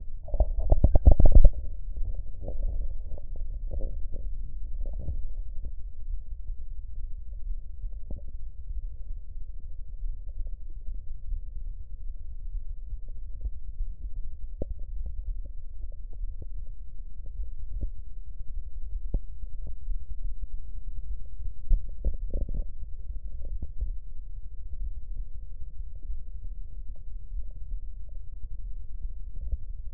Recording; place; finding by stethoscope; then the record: heart sounds by stethoscope; aortic valve (AV); normal heart sounds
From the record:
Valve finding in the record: normal valve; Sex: female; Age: 50 years